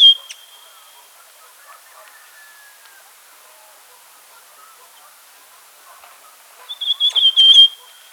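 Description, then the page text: Rufous Sibia, a short whistled note at the start, then after a long quiet gap a loud fluttering whistled phrase near the close. Calls and song. "Rufous Sibia Calls and Song. Quick Sounds"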